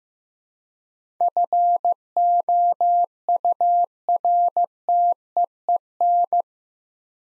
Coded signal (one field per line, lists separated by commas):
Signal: Morse code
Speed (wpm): 15 wpm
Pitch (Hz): 700 Hz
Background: none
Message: FOURTEEN